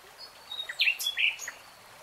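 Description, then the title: Nightingale giving a brief cluster of sharp chirps and short whistled notes over quiet background hiss. Nightingale singing in real time. "[Tiếng chim hót] 3 Hours REALTIME Nightingale Singing"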